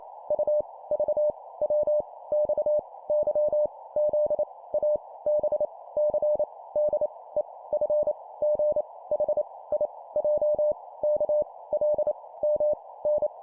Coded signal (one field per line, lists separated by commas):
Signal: Morse code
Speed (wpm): 28 wpm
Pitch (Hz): 600 Hz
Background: none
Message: U V W X Y Z A B C D E F G H I J K L M N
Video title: 25wpm Letters, cw morse code